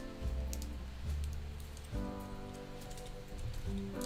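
The sliding head/torso section of a Standing Tortoise Mk.II plastic model kit is handled against its mating frame, where it must be pushed firmly until it clicks into place. Over background music, small plastic ticks and light handling sounds are heard, with a brief sharp tick at about 0.5 s. Nothing has seated or clicked yet.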